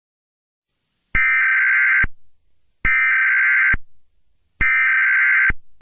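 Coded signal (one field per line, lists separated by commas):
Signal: Emergency Alert System (SAME) tones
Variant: header bursts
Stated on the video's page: Fictional Christmas disaster EAS scenario, simulated.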